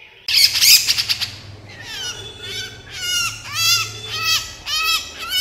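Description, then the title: Horsfield's bush lark song: a loud buzzy burst, then a series of ringing, harmonic notes that each bend downward, repeated about every half second to a second, over a low hum. Branjangan singing energetically and continuously (gacor), used to train songbirds (masteran). "MASTERAN AMPUH KICAUAN BRANJANGAN SUPER GACOR"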